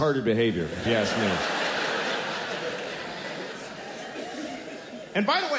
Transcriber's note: soundbite of laughter